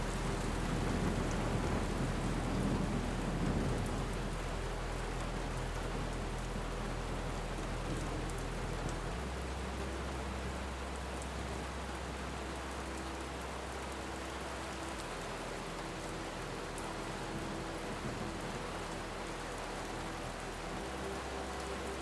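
Steady, dense rain hiss fills the whole clip, with a low rumble of thunder swelling in the first few seconds and fading by about five. Beneath it, deep sustained tones hold and shift pitch around nine, fifteen and twenty-one seconds, like a slow, soft melody.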